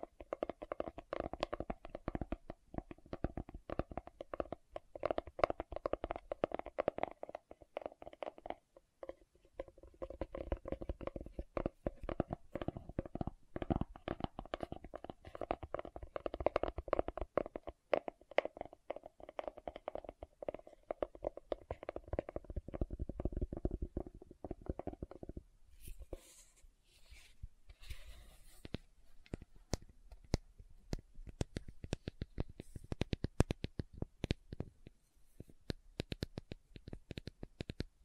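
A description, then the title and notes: Dense, rapid tapping on a bottle runs for about twenty-five seconds, with a faint ringing tone beneath the quick clicks. Around 26 seconds it shifts to brighter, sparser taps and scratchy ticks, separated by brief pauses. ASMR 10 Lid Sounds & Bottle Tapping, Scratching for Sleep 1Hr (No Talking).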